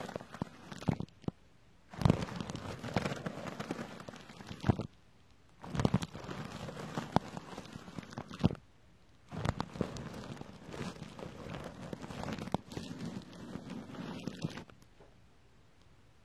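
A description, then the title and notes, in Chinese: Close-up touching sounds come in three long bursts of dense scratching and crackling, each lasting a few seconds with near-silent pauses between them. The rubbing is intimate and full, with sharp taps at the start of each stretch and a faint high whine underneath. 近距离触摸。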